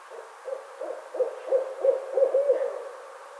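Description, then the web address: Barred owl calling in a steady series of short, low hoots, roughly three each second. Recorded 25 May 2009. "Barred Owl 2009 05 25 Barred Owl"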